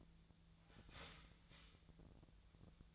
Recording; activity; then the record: daily activity, microphone in the room; start toaster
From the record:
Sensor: 3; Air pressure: 1009.3 hPa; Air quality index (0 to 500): 198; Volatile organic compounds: 17 ppm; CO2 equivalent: 2569 ppm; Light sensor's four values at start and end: 32/79/33/36 and 32/80/34/36